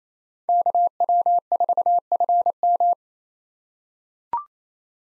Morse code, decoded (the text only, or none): KW4FM